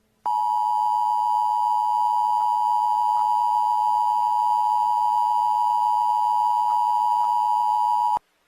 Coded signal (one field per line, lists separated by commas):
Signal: Emergency Alert System (SAME) tones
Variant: 853 and 960 Hz attention tone